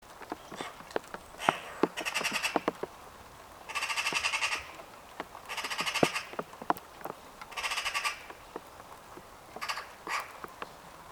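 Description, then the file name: Eurasian magpie dry machine-gun chatter, rattled bursts recurring every couple of seconds, interspersed with sharp clicking sounds. "Pica pica"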